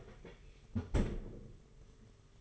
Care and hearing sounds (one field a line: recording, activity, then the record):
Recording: daily activity, microphone in the room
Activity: close fridge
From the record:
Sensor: 4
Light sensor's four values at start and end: 19/62/23/23 and 19/64/23/24